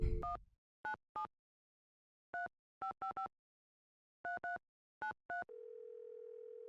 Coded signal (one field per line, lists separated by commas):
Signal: DTMF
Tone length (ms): 120 ms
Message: 197 3555 3393